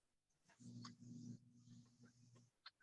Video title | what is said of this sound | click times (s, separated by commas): All Machines Training Session - August 22, 2022 | that's what you want to hear you want to hear that snap now every time i change my bobbin and i put it in there i hear that snap | 2.7 s